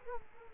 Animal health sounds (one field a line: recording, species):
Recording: mosquito wingbeat signal from an infrared sensor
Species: Aedes aegypti